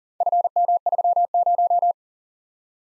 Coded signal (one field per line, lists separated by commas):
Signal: Morse code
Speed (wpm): 38 wpm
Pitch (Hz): 700 Hz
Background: none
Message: FM30